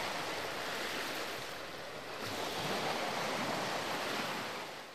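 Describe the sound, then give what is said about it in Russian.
Steady, gentle surf washes in with a soft, continuous hiss, swelling slightly in the middle and easing toward the end, with no voices present. “Устах вновь глянул на безмятежные волны”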